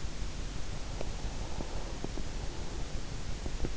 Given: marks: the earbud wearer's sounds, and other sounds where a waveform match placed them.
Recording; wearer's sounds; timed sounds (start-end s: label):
sounds in sleep by an in-ear microphone; breath
0.79-3.19 s: breath